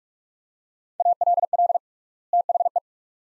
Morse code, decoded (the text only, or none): ALL THE